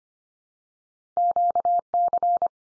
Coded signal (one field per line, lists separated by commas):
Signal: Morse code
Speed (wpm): 25 wpm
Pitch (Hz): 700 Hz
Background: none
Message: QC